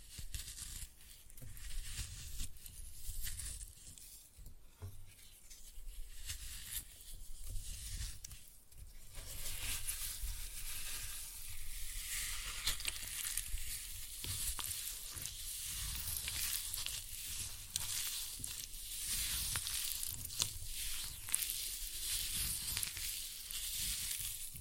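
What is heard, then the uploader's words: Floral foam is crushed and crumbled with a dense, bright crackling hiss that grows steadier and fuller after about nine seconds, continuing throughout. ASMR Most Satisfying Floral Foam Glitter Bomb Crushing.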